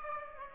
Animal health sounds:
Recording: mosquito wingbeat signal from an infrared sensor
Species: Aedes aegypti

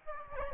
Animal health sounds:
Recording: mosquito wingbeat signal from an infrared sensor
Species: Aedes albopictus

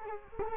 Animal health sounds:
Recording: mosquito wingbeat signal from an infrared sensor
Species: Culex quinquefasciatus

